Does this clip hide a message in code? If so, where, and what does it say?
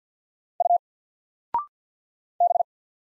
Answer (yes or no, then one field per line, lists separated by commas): yes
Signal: Morse code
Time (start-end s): 0.6-2.6 s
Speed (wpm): 50 wpm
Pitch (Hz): 700 Hz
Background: none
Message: U B